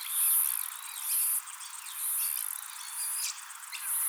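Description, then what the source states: Myopsalta septa cicada song: very high, hissing buzzy phrases about once a second, separated by softer ticking, with several birds chirping and whistling underneath. Recorded at Glenvale.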